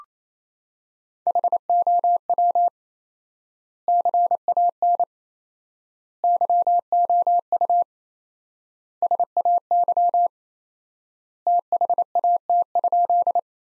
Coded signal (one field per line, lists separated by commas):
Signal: Morse code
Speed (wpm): 27 wpm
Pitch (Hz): 700 Hz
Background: none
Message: HOW CAN YOU SAY THAT?